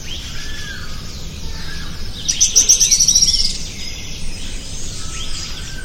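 Bird call: one high, fast, buzzy trill lasting about a second and dropping slightly in pitch, over a constant hiss with faint chirps.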